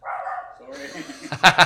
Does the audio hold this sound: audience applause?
no